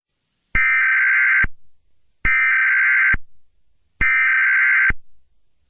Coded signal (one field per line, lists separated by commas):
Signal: Emergency Alert System (SAME) tones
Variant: header bursts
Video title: EAS Scenario #5: The Rampage